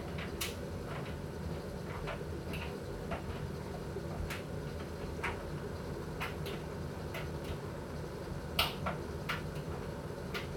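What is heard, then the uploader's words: A steady, low electric dryer hum fills the clip, with scattered soft clicks and taps, one sharper tap near eight and a half seconds. Electric dryer white noise. The gentle hum of the dryer. The rhythmic sound of the clothes tumbling and the soft whir of the machine.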